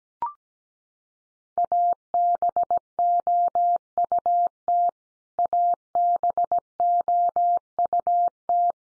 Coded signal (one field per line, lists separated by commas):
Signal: Morse code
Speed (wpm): 17 wpm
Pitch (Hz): 700 Hz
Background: none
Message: ABOUT ABOUT